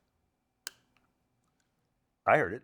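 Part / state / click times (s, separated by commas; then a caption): slide stop lever spring into trigger pin notch in pistol frame / seated / 0.7 s. A punch pushes the trigger pin down slightly in a Glock 43X pistol frame so the spring of a new, improved GS extended slide stop lever engages the notch in the pin. A sharp little click at 0.7 s marks the spring seating into the notch, followed by a faint tick at 1.0 s. Someone talks at the end, confirming the click was heard.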